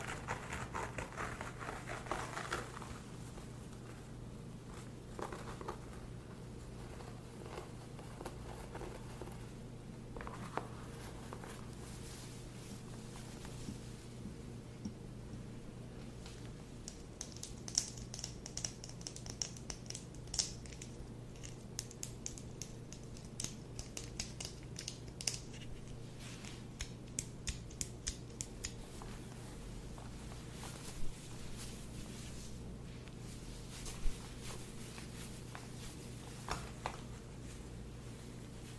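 A scalp massage. Soft rubbing, scratching and light tapping of fingers through hair crackle, thickening from around the middle of the clip with a few sharper snaps. A steady low hum runs underneath throughout.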